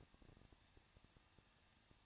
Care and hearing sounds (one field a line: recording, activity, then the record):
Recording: daily activity, microphone in the room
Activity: no activity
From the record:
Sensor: 3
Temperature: 21.2 degrees Celsius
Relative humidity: 36.2%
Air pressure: 1006.6 hPa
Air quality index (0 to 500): 220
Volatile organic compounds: 39 ppm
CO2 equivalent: 3129 ppm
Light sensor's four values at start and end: 2/3/2/2 and 2/3/2/2